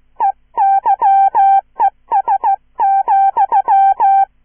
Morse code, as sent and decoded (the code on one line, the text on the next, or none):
. -.-- . ... --..--
EYES,